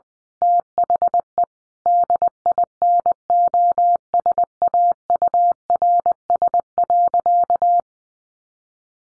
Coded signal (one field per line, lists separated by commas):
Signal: Morse code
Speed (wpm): 20 wpm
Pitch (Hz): 700 Hz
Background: none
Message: THE DINOSAURS.